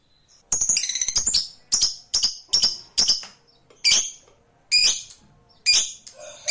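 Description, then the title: Lovebird chirping in rapid bursts of sharp, high, scratchy notes, a run of quick chirps at first, then separate bursts at irregular intervals. Meant to stimulate a lazy, quiet lovebird so that it eagerly and spontaneously starts singing in the sustained 'narik' style. "LOVEBIRD Malas Bunyi JADI GREGET SPONTAN Langsung NARIK"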